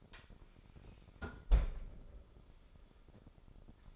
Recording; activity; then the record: daily activity, microphone in the room; close fridge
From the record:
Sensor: 5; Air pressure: 988.5 hPa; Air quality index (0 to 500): 218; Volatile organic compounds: 120 ppm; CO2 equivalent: 3875 ppm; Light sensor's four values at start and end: 43/129/50/54 and 43/131/51/54